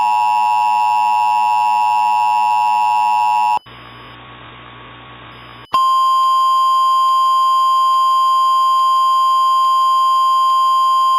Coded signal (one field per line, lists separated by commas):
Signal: Emergency Alert System (SAME) tones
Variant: 853 and 960 Hz attention tone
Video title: EAS Mock: Severe Thunderstorm Warning